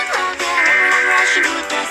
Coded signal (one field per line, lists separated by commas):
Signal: Emergency Alert System (SAME) tones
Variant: header bursts